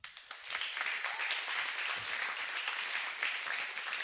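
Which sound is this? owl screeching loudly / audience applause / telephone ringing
audience applause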